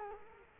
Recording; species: mosquito wingbeat signal from an infrared sensor; Culex quinquefasciatus